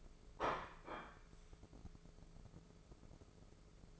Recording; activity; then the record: daily activity, microphone in the room; place plate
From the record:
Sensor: 5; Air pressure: 1015.1 hPa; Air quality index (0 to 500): 206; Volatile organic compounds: 10 ppm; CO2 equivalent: 2259 ppm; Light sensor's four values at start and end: 73/173/73/79 and 73/171/73/79